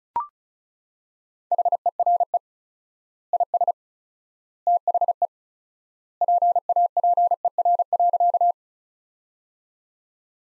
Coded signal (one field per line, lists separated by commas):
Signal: Morse code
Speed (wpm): 36 wpm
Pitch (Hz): 700 Hz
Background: none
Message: HERE IS THE PAPER.